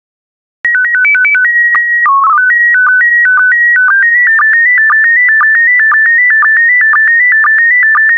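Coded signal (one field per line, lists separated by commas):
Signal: SSTV (slow-scan television)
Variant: PD 120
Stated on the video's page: PD120 mode SSTV images generated for decoding practice, using stock photos, with synthesized audio prompts.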